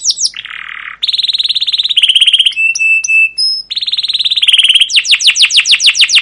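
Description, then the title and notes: Canary song with a harsh buzz, rapid rolling trills, clear steady whistles and a closing series of rapid sweeping notes. Song used as a lure and master recording for training young canaries to learn sounds; emotional, long chirping 'cuit cuit' style song. "CUIT CUIT NGEROL LANGSUNG GACOR PANJANG Kenari Ini AMPUH Utk Pancingan KENAR. PANCINGAN Kenari GACOR PANJANG Cuit CUIT EMOSI ini AMPUH utk MASTERAN Kenari PAUD belajar BUNYI. burung kenari"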